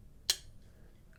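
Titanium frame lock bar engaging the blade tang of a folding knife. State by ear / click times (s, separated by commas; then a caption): seated / 0.3 s. A HEAdesigns Wingman titanium frame-lock flipper knife is flipped open, and its titanium lock bar engages behind the blade tang with one sharp, bright metallic click at 0.3 s, followed by a faint short tick near 1.2 s. The frame lock clicks into place and seats with a light lockup of about 25%.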